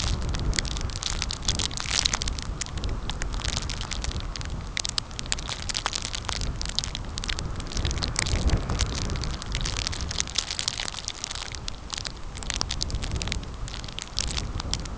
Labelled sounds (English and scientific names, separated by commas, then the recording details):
none
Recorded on Arctic tundra, site CORI-1, on 15 June 2018
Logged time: 10:00